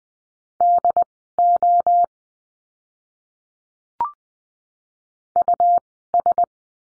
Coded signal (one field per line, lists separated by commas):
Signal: Morse code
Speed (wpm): 20 wpm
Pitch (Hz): 700 Hz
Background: none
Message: DO US